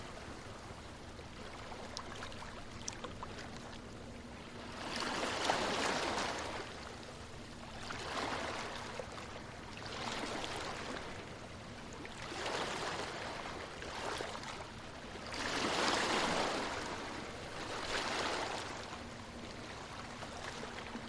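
Gentle ocean waves wash onto a beach in slow, regular swells, each surge of hiss building and fading about every two to three seconds. Between waves a soft wash and a faint low hum remain, and the surf sounds moderately close.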